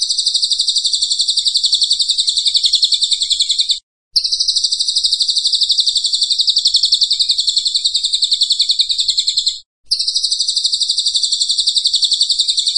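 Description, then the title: Pygmy bushtit song: high, rapid, buzzy trill repeated in long sustained stretches with two sudden short breaks. Training (masteran) recording of a Cililin singing persistently (gacor). "Cililin AMPUH. Suara Cililin Gacor Masteran"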